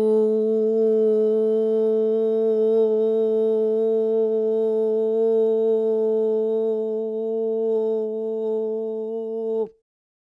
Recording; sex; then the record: sustained vowel /u/; female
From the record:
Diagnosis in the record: Parkinson's disease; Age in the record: 40 years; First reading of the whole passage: 61 s, 7.8 characters per second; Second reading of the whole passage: 52 s, 9.9 characters per second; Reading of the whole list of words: 55 s, 5.1 characters per second